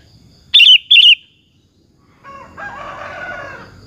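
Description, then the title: Sooty-headed bulbul's two rapid, chirpy warbled phrases in quick succession, followed by a rooster's long crow. "Kutilang"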